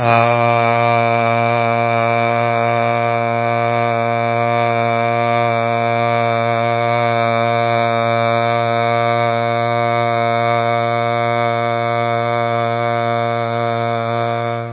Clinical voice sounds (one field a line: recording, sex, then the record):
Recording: sustained vowel /a/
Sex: male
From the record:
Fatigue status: fatigue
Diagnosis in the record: COVID-19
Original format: 3gp